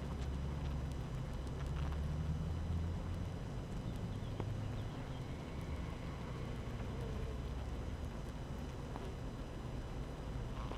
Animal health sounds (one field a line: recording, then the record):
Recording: honeybee colony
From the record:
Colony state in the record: active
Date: 12 June 2018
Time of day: 7:33